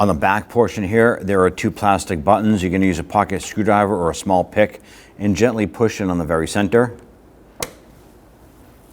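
Someone talks while a pocket screwdriver or small pick gently pushes in the center pin of a plastic push-pin retainer button on the back portion of the door trim panel of a 1992–1996 Toyota Camry. At 7.6 s there is one short, sharp click as the plastic button releases, followed by quiet.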